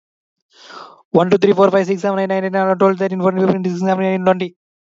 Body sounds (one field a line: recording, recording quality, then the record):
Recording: counting at a fast pace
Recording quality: excellent, no background noise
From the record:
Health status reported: healthy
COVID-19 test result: negative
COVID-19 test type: RT-PCR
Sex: male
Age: 26 years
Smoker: no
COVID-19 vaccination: both doses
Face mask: worn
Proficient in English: no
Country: India